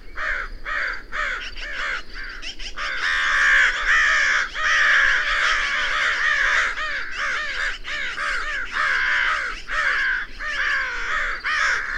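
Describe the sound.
Bird calls: a dense chorus of raucous caws and squawks from many birds, short notes tumbling over one another almost without pause.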